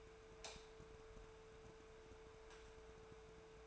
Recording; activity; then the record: daily activity, microphone in the room; light on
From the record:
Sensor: 2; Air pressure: 1014.6 hPa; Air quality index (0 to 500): 184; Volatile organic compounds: 14 ppm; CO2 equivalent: 2434 ppm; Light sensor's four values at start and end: 29/71/31/34 and 34/88/37/41